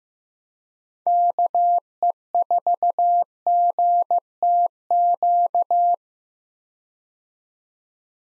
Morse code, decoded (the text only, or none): KE4GTQ